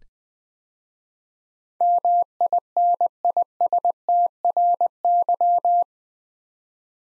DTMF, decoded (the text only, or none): none